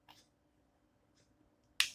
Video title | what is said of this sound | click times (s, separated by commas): Kopi Susu Kekinian | tadi udah terkunci ini Oke | 1.8 s